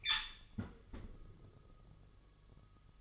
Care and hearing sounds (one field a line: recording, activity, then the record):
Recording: daily activity, microphone in the room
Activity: close fridge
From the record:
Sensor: 4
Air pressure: 1008.6 hPa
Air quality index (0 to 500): 76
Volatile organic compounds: 1 ppm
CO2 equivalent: 635 ppm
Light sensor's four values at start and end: 15/33/14/14 and 17/38/16/16